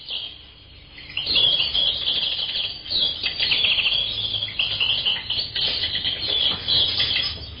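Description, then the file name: Birds chirping in a busy, overlapping chorus of high twittering notes over a low rumbling background. "uccelli birds"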